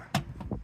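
A plastic cowl panel on a Ford Escape, refitted after a windshield wiper motor replacement, is lined up and its retaining clips are pushed into the holes in the car body. One strong, sharp click at 0.15 s shows a clip seating in the body, followed by two softer ticks around 0.4 and 0.5 s. The clip is seated.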